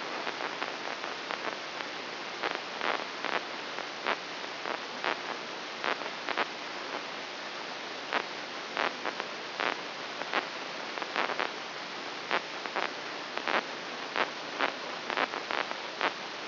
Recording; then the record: brain microelectrode recording played as sound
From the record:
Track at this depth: inside the subthalamic nucleus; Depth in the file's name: 4.31 mm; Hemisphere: left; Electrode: 3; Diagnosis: Parkinson's disease